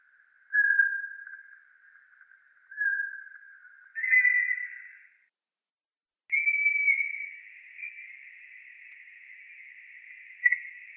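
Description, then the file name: Eurasian pygmy owl whistled calls: two short, even notes about two seconds apart, then higher, longer wavering whistles in a narrow band. "Sychik vorobinyj"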